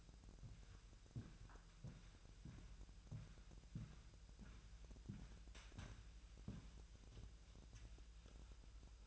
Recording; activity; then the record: daily activity, microphone in the room; walk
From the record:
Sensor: 2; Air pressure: 1002.0 hPa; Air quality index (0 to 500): 230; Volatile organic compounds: 58 ppm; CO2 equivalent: 3395 ppm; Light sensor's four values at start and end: 6/15/6/7 and 7/16/6/7